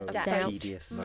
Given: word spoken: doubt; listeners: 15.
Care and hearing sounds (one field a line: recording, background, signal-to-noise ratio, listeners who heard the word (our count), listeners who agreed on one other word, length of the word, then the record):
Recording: one English word in noise, from a listening test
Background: four-talker babble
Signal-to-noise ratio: -1.4 dB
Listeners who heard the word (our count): 2 of 15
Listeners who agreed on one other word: 6 of 15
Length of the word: 0.64 s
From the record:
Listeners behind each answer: 6, 2, 2, 2, 1, 1, 1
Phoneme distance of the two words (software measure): 24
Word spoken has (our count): 1 syllable, 3 phonemes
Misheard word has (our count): 2 syllables, 5 phonemes, stress on syllable 2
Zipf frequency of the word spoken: 4.89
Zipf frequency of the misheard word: 3.82